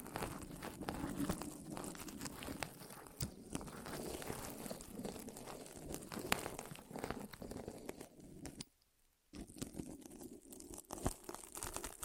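ASMR rolling sounds: dense, steady crinkling and rustling with frequent sharp clicks, broken by a brief silent gap near nine seconds.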